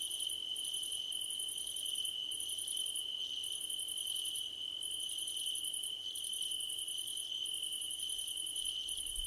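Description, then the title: Crickets chirping in rhythmic bursts of rapid high pulses, accompanied by a persistent ringing tone throughout. Crickets at night under a starlit sky, nighttime ambience. "Nighttime Ambience with Crickets 🌃"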